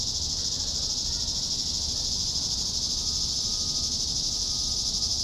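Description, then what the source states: Cicadas in a dense, constant high-pitched buzz with no breaks, steady in loudness from start to finish. Several cicadas.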